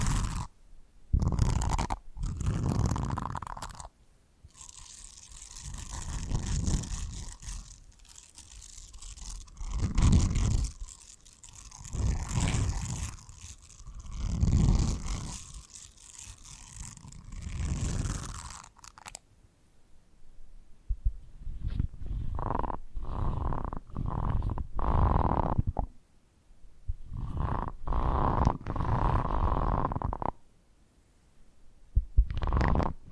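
Scratching and brushing triggers without talking: a dense, hissing brush for the first eighteen seconds, then pauses and sharper scratching bursts with low thumps.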